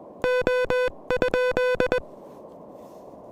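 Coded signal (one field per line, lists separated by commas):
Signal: Morse code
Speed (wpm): 19 wpm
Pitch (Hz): 500 Hz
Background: music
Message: O?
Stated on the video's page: Handheld QRP DX activation on a mountain summit, sent with KH1 pressure paddles on an Elecraft KH1 transceiver with a modified Pelican Micro M40 antenna.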